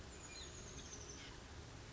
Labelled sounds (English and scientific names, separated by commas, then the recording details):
Chestnut-backed Chickadee (Poecile rufescens)
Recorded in Sonoma County, California